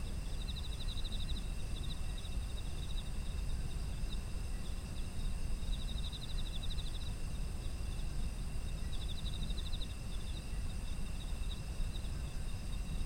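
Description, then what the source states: Pulsed high insect trills repeating every few seconds, with a continuous background of shrill insect tones and a deep rumble. Autumn insects, environmental ambient sound.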